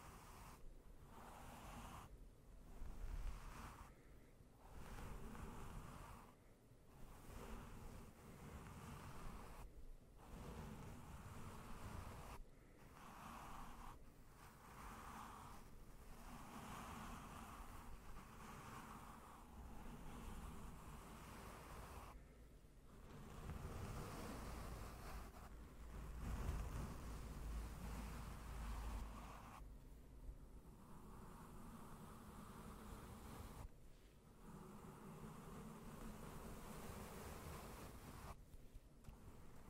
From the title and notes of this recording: ASMR NO TALKING slow and gentle mic brushing with the Blue Yeti.